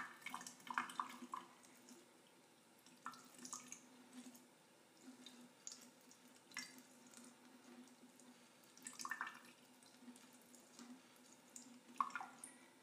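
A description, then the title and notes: Water trickles onto plastic, with irregular drips and splashes landing every second or two, the loudest near the start and around nine and twelve seconds. Between them runs a soft, steady low hum and faint patter. ASMR Water Trickling on Plastic.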